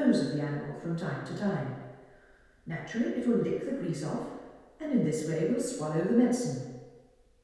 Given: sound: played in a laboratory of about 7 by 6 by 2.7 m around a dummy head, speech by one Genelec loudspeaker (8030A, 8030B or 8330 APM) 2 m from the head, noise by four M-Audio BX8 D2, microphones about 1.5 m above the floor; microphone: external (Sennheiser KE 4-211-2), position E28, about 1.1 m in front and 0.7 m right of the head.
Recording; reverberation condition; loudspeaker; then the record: female speech in English; high; 150 degrees to the right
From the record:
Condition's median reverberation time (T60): about 1300 ms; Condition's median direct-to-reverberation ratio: about -4.0 dB